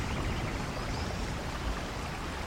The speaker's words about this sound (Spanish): El agua torrencial está inundando la entrada. Intuimos que la noche será larga, pues aunque toda esa lluvia sea necesaria para los campos y para llenar los pozos, también puede acabar haciendo destrozos.